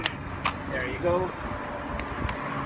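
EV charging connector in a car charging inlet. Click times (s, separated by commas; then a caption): 0.1 s. After charging is stopped and the plug is unlocked, the release on an EV charging connector is pressed and the plug is pulled out of the car's charging inlet, with a click at 0.1 s. A sharp hit follows as the plug comes free, and someone talks. The plug unlatches and pulls out of the inlet.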